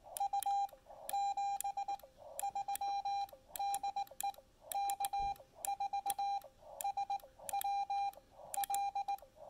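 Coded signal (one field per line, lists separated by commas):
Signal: Morse code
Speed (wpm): 19 wpm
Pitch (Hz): 800 Hz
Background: none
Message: U 73 DE K4SWL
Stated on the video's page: Park activation using a simple speaker wire antenna built on site.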